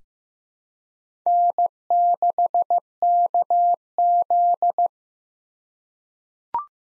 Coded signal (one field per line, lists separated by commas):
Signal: Morse code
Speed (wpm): 15 wpm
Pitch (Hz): 700 Hz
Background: none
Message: N6KZ